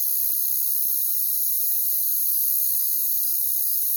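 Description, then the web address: Crickets droning in a steady, high, buzzy chorus with no breaks. "Natures Songs Sleep Sounds of Nature CRICKETS Crickets"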